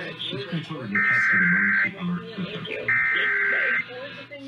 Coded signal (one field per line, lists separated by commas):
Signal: Emergency Alert System (SAME) tones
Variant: header bursts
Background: speech